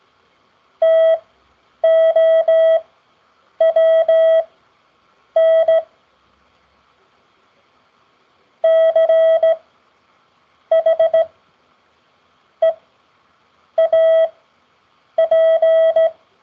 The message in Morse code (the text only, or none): TOWN CHEAP